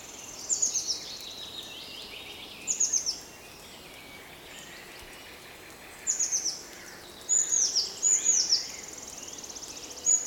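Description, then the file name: Eurasian blue tit giving short, very high bursts of thin descending notes, repeated several times with gaps between, over steady background noise. "Cyanistes caeruleus"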